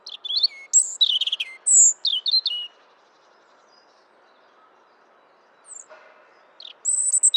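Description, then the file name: European robin song of high, liquid whistles and short trills, varied in pitch, then a pause before more thin notes. "Erithacus rubecula"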